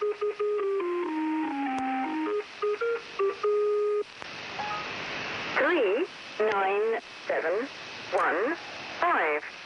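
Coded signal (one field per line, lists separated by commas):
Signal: numbers station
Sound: short electronic tune of stepped tones, then evenly spaced spoken words through static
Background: radio static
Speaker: what you heard is precisely how the station presented itself it didn't say where it was coming from or anything else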